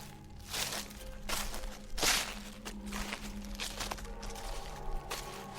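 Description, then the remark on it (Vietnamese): Footsteps crunch through dry leaves in an uneven, plodding rhythm, each step a brief crackling rustle over a low, steady background hum. “thằng Toàn nghe rõ tiếng bước chân dẫm lên trên lá khô cứ sột xà sột soạt”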